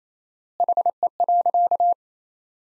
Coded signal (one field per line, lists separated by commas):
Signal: Morse code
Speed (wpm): 27 wpm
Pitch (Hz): 700 Hz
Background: none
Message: HE.